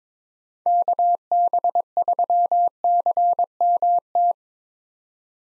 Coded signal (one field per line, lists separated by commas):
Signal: Morse code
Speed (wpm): 22 wpm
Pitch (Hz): 700 Hz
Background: none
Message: KB3CMT